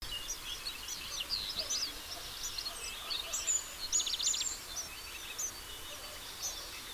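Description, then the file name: House sparrow chirping: clusters of sharp repeated notes with a quick rattling burst near the middle, then sparser calls. "Passer domesticus"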